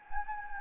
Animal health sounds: mosquito wingbeat signal from an infrared sensor; Anopheles gambiae

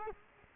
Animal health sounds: mosquito wingbeat signal from an infrared sensor; Culex quinquefasciatus

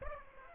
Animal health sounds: mosquito wingbeat signal from an infrared sensor; Aedes aegypti

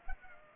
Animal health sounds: mosquito wingbeat signal from an infrared sensor; Culex pipiens

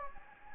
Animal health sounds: mosquito wingbeat signal from an infrared sensor; Anopheles gambiae

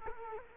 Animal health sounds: mosquito wingbeat signal from an infrared sensor; Culex quinquefasciatus

